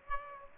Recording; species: mosquito wingbeat signal from an infrared sensor; Aedes aegypti